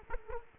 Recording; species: mosquito wingbeat signal from an infrared sensor; Culex quinquefasciatus